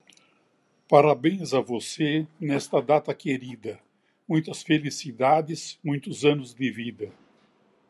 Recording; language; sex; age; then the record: short text; Brazilian Portuguese; male; 80 to 89 years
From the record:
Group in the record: control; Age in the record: 81 years